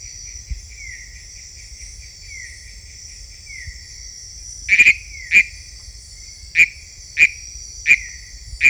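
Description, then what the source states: Philautus frog calling: after faint, falling chirps, a series of loud, sharp high notes starts at about five seconds, under a steady high insect drone. Unidentified Philautus species labelled sp 7.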